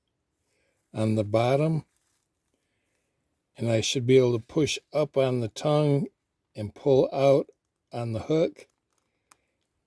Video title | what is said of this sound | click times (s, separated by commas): Lee App Press Deluxe - Primer Rail System Assembly | and it you'll feel it pop or snap into place | 9.3 s